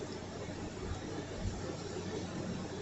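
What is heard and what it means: A plastic belt clip is lined up on the track on the back of a Cobra RX 385 walkie-talkie and handled as it is about to be pressed down to snap into place. Only steady broadband noise with a faint low rumble is heard, with no distinct click and no talking. Nothing has seated or clicked yet.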